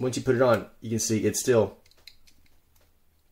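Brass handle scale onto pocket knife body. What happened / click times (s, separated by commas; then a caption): The metal handle scale did not snap into place / none. Someone talks while a brass replacement scale is pressed onto a 91 mm Swiss Army knife, followed by a few light taps and handling sounds from about 1.9 to 2.8 seconds. The scale's cutouts are too wide, so it has not snapped into place and still has play; it will need epoxy. Nothing has seated or clicked yet.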